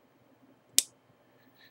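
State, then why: Seated. A short hose's quick-disconnect fitting, with an O-ring sitting in a groove, is pushed onto its port on a breath-test simulator setup. One sharp, bright click rings out at 0.8 s over a quiet, low background hum. The coupling snaps home and is seated.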